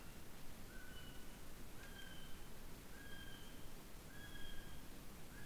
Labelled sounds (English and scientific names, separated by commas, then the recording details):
North Island Brown Kiwi (Apteryx mantelli) male call
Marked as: faintness 2/5
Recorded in New Zealand on 7 January 2015
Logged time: 23:58
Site BX23